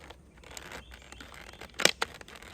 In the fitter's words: Click, click.